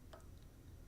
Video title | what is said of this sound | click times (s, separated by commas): How to do a Novaloc Denture Conversion | housing and you can hear an audible snap what sits into place and then | 0.1 s